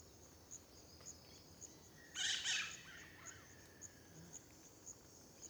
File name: Ambiencia parque terra ronca perto da estrada amanhecer periquito, varios passaros, grilo, vaca, gravacao em ab